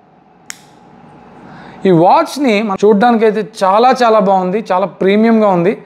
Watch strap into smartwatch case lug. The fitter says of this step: ఈ స్ట్రాప్ ని కూడా ఇప్పుడు లాక్ చేసి చూపిస్తాను.